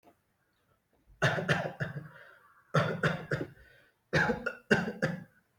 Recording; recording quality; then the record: shallow voluntary cough; excellent, no background noise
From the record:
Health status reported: healthy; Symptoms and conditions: none ticked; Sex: male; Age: 20 years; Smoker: not ticked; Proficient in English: yes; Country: India